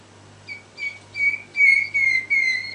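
Canary song: a series of steady high whistled notes, each held briefly and repeated with short gaps, ending in a sharp click.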